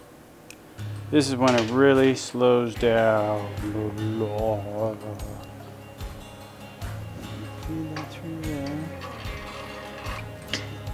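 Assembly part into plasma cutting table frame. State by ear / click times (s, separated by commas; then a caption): seated / 10.5 s. Someone talks over music while assembling a Langmuir Systems plasma cutting table, pushing a part onto the table frame after earlier tries failed to seat it. At 10.5 s a sharp click is heard as the part snaps into place.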